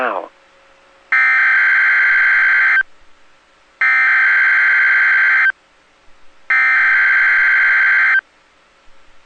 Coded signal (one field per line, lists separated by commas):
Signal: Emergency Alert System (SAME) tones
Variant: header bursts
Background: speech